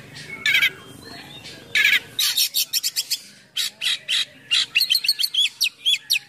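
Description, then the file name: Oriental magpie-robin song: loud harsh buzzy bursts mixed with rapid chattering notes, varied and energetic throughout. Full, lively song packed with imitations of other birds, a style called gacor full isian. "KACER GACOR FULL ISIAN MEWAH"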